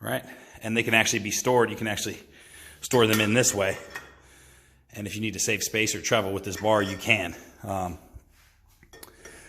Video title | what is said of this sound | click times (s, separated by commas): Kabuki Strength Transformer Bar & Shoulder Rok Review | they just slide in and out and they just lock into place here | 9.0 s